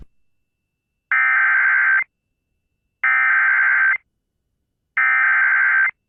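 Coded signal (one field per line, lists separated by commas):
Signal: Emergency Alert System (SAME) tones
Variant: header bursts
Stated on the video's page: Personally captured EAS alerts from Arkansas.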